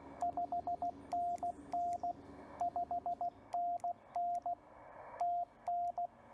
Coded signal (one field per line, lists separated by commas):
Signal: Morse code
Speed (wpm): 19 wpm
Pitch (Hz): 720 Hz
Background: radio noise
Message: 5NN 5NN TN